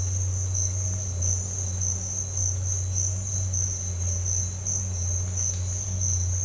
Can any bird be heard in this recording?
no